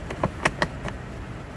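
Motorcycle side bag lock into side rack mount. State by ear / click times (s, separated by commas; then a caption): seated / 0.5 s, 0.6 s. A waterproof motorcycle side bag is pressed down onto its aluminium side rack mount so the locking hook inserts and latches. A quick series of sharp mechanical hits is heard, with the lock clicking into place at 0.5 s and 0.6 s. The bag is seated and latched onto the mount.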